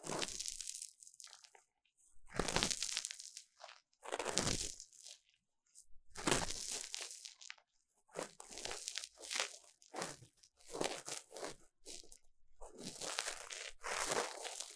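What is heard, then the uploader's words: Ear cleaning sounds come as a series of crackly, crunching scrapes, each lasting about half a second to a second, separated by short silences. The rustling bursts are bright and gritty, arriving irregularly roughly every second or so throughout, with nothing else behind them. ASMR 3Dio 耳掃除 귀 청소 | Ear Cleaning | No Talking.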